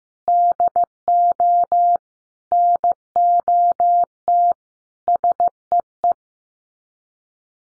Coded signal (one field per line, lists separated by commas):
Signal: Morse code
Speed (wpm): 15 wpm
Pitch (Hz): 700 Hz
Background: none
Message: DO NOT SEE